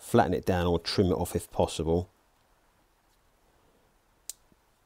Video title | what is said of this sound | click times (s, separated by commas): Step-by-Step Guide: How to Crimp non Insulated Terminals like a Pro! | there's the click | 4.3 s